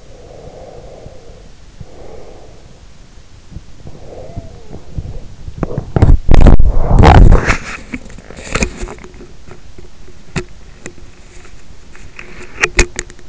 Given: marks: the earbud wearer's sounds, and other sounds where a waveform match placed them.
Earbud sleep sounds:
sounds in sleep by an in-ear microphone; breath, body movement
0.00-2.91 s: breath
3.65-5.59 s: breath
5.59-13.29 s: body movement

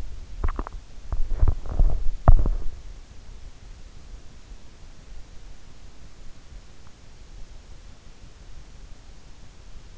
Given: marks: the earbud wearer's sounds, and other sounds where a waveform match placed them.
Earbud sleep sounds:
sounds in sleep by an in-ear microphone; teeth grinding
0.00-3.06 s: teeth grinding

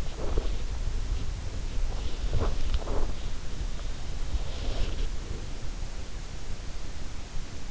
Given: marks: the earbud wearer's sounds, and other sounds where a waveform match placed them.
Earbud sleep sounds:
sounds in sleep by an in-ear microphone; teeth grinding
0.29-3.88 s: teeth grinding

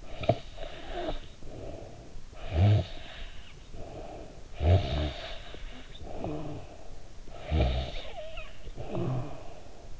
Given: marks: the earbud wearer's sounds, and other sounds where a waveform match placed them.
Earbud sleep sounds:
sounds in sleep by an in-ear microphone; breath, snoring breath
0.00-2.22 s: breath
2.22-4.31 s: snoring breath
4.51-7.02 s: snoring breath
7.14-9.91 s: snoring breath

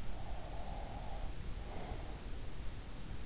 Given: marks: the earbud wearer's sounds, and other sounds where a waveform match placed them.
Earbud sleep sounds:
sounds in sleep by an in-ear microphone; breath
0.00-3.12 s: breath

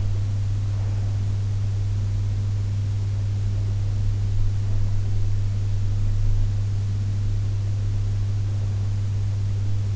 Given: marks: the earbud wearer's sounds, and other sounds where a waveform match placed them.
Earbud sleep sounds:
sounds in sleep by an in-ear microphone; breath
0.00-1.62 s: breath

